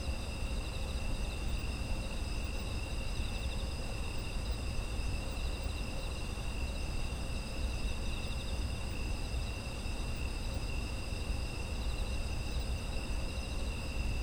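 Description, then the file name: Insect chorus of unbroken high-pitched trills at several pitch levels, a few faintly pulsing, with steady low background rumble throughout. Autumn insect ambience. "秋の虫の環境音"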